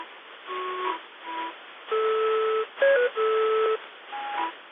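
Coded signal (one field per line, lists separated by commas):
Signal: numbers station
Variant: Cherry Ripe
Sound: a simple electronic tune of held notes, like a folk-song interval melody, over hiss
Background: radio static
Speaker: It has a sister station named Cherry Ripe that emanated from Australia. This consisted of another voice reading groups of 5 numbers in between bars of another English folk song of the same name of the station, Cherry Ripe.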